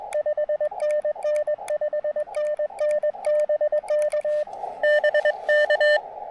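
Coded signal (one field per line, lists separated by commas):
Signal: Morse code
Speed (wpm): 21 wpm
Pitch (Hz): 600 Hz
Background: radio noise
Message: 5NN 5NN BK BK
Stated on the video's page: QRP CW during an evening POTA activation on 80 meters, Elecraft KX2 with Chelegance MC-750 antenna and its 80-meter coil.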